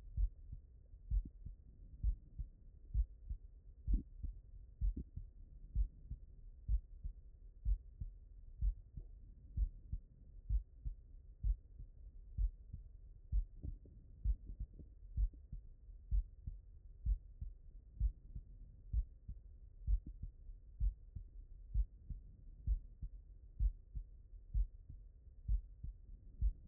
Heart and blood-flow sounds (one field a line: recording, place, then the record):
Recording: heart sounds by stethoscope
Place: mitral valve (MV)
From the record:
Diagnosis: non-HFrEF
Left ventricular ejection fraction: 56%